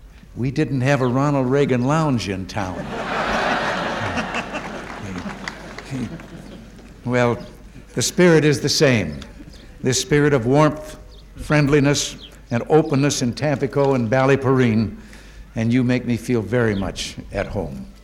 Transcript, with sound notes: We didn't have a Ronald Reagan Lounge in town. [Laughter] Well, the spirit is the same, this spirit of warmth, friendliness, and openness in Tampico and Ballyporeen, and you make me feel very much at home.